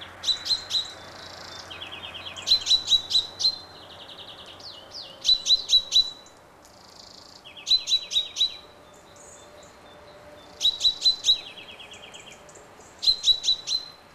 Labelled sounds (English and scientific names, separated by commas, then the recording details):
Common Chaffinch (Fringilla coelebs) call
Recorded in the wild
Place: Gryon, Kanton Waadt, CH
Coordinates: 47.2742, 7.06417
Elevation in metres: 1125
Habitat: mountains
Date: 1986-03-20
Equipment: Uher 4000 Report, Sennheiser MKH 815 T
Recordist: Tretzel, Erwin